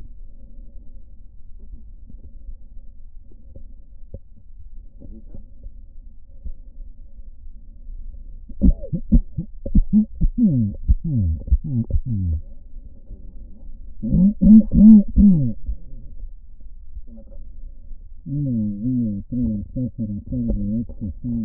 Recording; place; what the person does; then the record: lung sounds by stethoscope; right posterior apical chest; quiet breathing, then cough and speech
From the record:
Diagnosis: none (healthy); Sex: male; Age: 60 years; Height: 190 cm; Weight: 150 kg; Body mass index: 41.6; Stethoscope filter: diaphragm mode